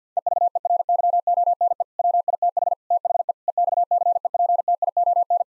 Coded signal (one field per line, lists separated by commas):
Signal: Morse code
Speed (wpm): 50 wpm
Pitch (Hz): 700 Hz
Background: none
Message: EVERYONE WITH THE EXCEPTION